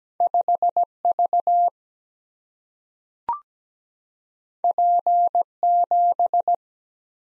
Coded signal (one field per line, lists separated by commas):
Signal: Morse code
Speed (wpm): 17 wpm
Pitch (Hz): 700 Hz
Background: none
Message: 5V P7